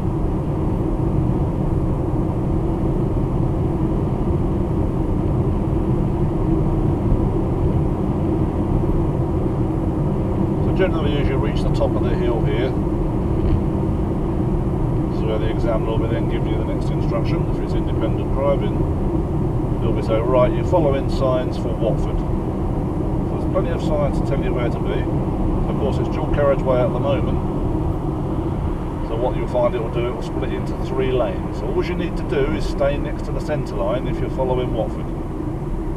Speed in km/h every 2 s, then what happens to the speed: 100, 98, 100, 100, 98, 97, 95, 93, 93, 92, 90, 89, 90, 89, 89, 85, 81, 76.
0-36 slows to 76.